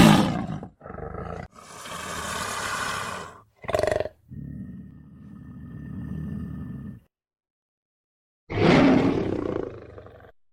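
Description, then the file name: Lion roaring: a harsh opening roar, a long raspy roar, then silence before a final heavy roar that fades. "Rychanie lva"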